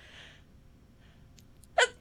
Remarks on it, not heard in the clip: I have to sneeze. Into the mic, please. No, it was a cute one.